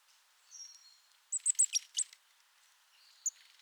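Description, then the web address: Eurasian blue tit calling: a thin high whistled note, then a quick burst of several very high, sharp notes, with a single high note near the end. "SETE data Cyanistes caeruleus"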